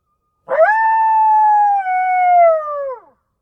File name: Coyote